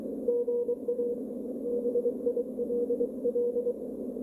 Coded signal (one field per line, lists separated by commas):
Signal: Morse code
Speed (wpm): 23 wpm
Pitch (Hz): 480 Hz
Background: none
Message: GA BILL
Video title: KD1JV Tri-Band CW Transceiver Kit